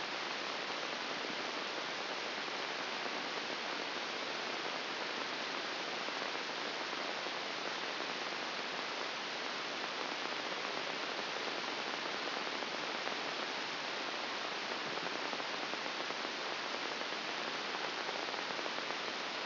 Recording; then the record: brain microelectrode recording played as sound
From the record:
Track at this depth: inside the subthalamic nucleus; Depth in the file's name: 3.498 mm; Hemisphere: left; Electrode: 2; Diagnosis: Parkinson's disease